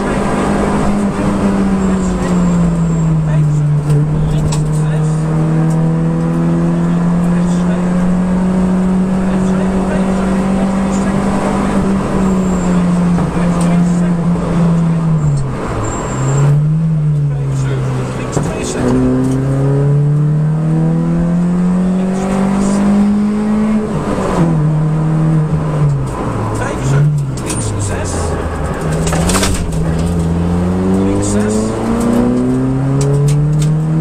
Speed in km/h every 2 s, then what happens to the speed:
118, 89, 99, 110, 117, 122, 106, 88, 57, 60, 79, 93, 92, 44, 35, 49, 68.
0-2 brakes to 89. 3-10 speeds up to 122. 10-16 brakes to 57. 16-22 speeds up to 93. 24-27 brakes to 35. 27-34 speeds up to 68.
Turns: 15-18, 25-28.